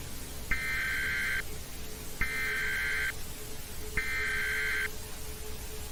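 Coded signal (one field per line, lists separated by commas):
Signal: Emergency Alert System (SAME) tones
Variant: header bursts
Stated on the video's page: Fictional EAS scenario of a US earthquake alert; tones may be valid.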